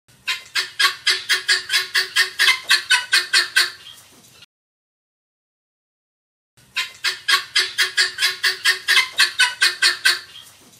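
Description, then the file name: Helmeted guineafowl producing a rapid chain of scratchy, metallic notes, then a brief silence and a second matching chain. Calling the flock together. "Tieng ga sao keu goi bay"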